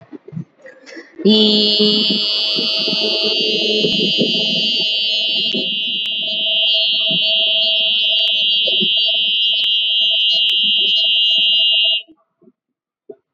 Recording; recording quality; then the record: sustained vowel as in beet; excellent, no background noise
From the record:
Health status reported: exposed to COVID-19, no respiratory illness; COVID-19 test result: negative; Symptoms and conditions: cough, cold, fever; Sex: female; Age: 24 years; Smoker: not ticked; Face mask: not worn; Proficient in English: yes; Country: India